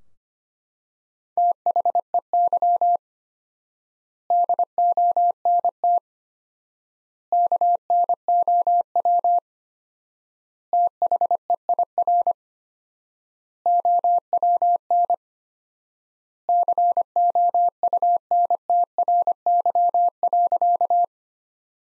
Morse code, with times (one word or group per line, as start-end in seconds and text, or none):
1.4-3.0 THEY
4.3-6.0 DONT
7.3-9.4 KNOW
10.7-12.3 THEIR
13.7-15.1 OWN
16.5-21.0 COUNTRY.